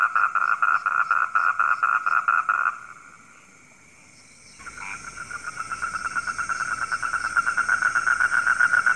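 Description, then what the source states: Frog croaking in a regular pulsed series, stopping for a short silent gap, then starting again softly and building steadily louder. Heard at night.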